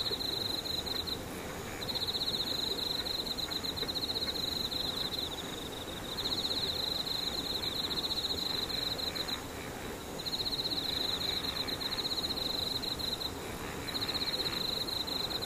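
An insect trills in a high, buzzy pulse, in bursts of a few seconds with brief pauses, over a steady low rumble.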